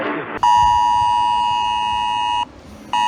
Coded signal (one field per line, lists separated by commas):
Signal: Emergency Alert System (SAME) tones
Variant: 853 and 960 Hz attention tone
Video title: Hurricane Isaias - EAS Alerts 583-600 + HURRICANE FOOTAGE